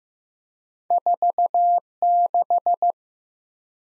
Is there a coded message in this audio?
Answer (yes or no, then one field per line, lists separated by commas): yes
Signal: Morse code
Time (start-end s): 0.9-2.9 s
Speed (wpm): 15 wpm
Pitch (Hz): 700 Hz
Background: none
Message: 46